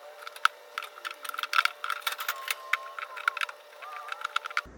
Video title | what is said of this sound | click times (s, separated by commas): Headlight Amber Reflector Delete on 2007-2008 Honda Element SC | until all these tabs click into place. | 0.5 s, 1.7 s, 2.7 s, 3.3 s, 4.4 s